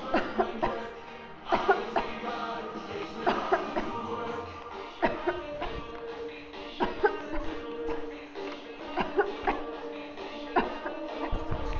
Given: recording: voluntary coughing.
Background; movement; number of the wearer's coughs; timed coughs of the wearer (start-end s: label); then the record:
music; sitting; 15
0.11-0.55 s: cough
0.60-0.93 s: cough
1.49-1.90 s: cough
1.93-2.21 s: cough
3.24-3.70 s: cough
3.74-4.01 s: cough
5.00-5.42 s: cough
5.52-5.79 s: cough
6.78-7.18 s: cough
7.32-7.56 s: cough
7.87-8.10 s: cough
8.95-9.31 s: cough
9.45-9.70 s: cough
10.53-10.92 s: cough
11.30-11.49 s: cough
From the record:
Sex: female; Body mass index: 18.8 kg/m2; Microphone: on the chest, facing outward